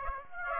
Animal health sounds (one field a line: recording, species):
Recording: mosquito wingbeat signal from an infrared sensor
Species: Aedes aegypti